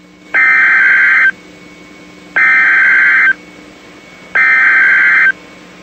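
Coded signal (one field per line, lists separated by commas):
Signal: Emergency Alert System (SAME) tones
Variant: header bursts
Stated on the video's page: Mock Illinois tornado warning, not real.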